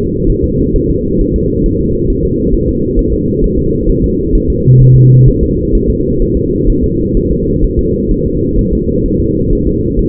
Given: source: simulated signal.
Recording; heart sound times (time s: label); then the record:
fetal heart sounds
0.30 s: S1
0.44 s: S2
0.76 s: S1
0.91 s: S2
1.21 s: S1
1.36 s: S2
1.66 s: S1
1.81 s: S2
2.10 s: S1
2.25 s: S2
2.55 s: S1
2.69 s: S2
2.99 s: S1
3.14 s: S2
3.44 s: S1
3.59 s: S2
3.89 s: S1
4.04 s: S2
4.35 s: S1
4.50 s: S2
4.81 s: S1
4.96 s: S2
5.28 s: S1
5.43 s: S2
5.75 s: S1
5.90 s: S2
6.22 s: S1
6.37 s: S2
6.70 s: S1
6.84 s: S2
7.17 s: S1
7.32 s: S2
7.64 s: S1
7.79 s: S2
8.12 s: S1
8.26 s: S2
8.59 s: S1
8.73 s: S2
9.06 s: S1
9.20 s: S2
9.53 s: S1
9.67 s: S2
9.99 s: S1
From the record:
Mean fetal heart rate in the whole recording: 130 bpm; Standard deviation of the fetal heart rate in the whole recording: 4 bpm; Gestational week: 38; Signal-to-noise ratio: -14.7 dB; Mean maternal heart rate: 72 bpm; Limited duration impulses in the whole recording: present